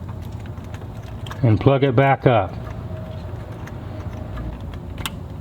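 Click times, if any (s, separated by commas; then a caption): 5.1 s. A good glow plug relay on a 1989 diesel Jetta is reinstalled, held by its small plastic wing clip, snapped into its mounting clip and socket, and plugged back in. Someone talks briefly, light handling clicks and taps follow, and a sharp snap at 5.1 s marks the relay seating in place.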